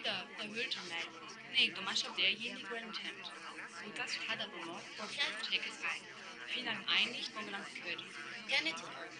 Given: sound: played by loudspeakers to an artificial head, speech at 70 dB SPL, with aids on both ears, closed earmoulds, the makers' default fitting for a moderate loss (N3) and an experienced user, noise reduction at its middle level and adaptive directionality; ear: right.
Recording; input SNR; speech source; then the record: speech test signal (ISTS) in cocktail-party noise; -6 dB; in front (0 degrees)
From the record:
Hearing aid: class 2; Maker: F